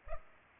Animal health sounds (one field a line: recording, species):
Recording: mosquito wingbeat signal from an infrared sensor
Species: Culex pipiens